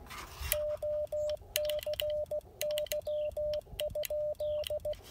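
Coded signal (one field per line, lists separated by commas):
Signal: Morse code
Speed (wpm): 16 wpm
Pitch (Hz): 590 Hz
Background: none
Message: OCY?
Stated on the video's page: Parks on the Air activation using an Icom IC-705 and CHA MPAS 2.0 antenna.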